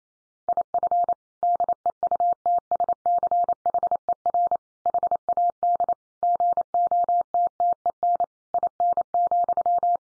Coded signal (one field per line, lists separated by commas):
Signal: Morse code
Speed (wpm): 28 wpm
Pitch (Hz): 700 Hz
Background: none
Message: IF DEUTSCHER HAD GOTTEN IN,